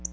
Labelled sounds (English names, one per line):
Black-throated Blue Warbler flight call